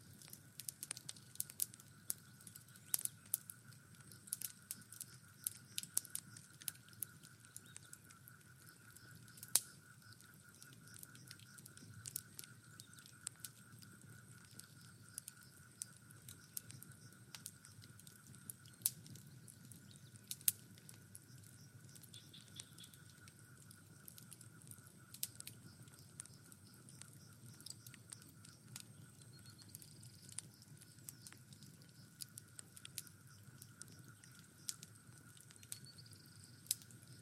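A campfire crackles, with sharp pops scattered throughout and a few louder snaps around ten and twenty seconds. Behind it, crickets hold one steady, unbroken high chirring note, over a soft low rumble of night air.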